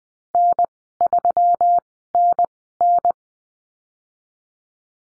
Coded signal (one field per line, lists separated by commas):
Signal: Morse code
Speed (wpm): 20 wpm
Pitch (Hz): 700 Hz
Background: none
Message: N3NN